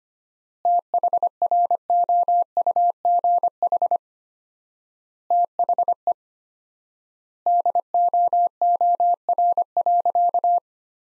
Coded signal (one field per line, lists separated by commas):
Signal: Morse code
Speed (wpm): 25 wpm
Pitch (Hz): 700 Hz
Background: none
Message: THROUGH THE DOOR.